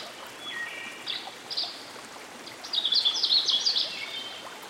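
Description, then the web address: Canada warbler song: a few soft whistled notes, then a rapid, loud run of jumbled high chips, over a continuous babbling brook. Recorded by a stream. "Dan Gibson Songbirds By The Stream. Canada Warbler"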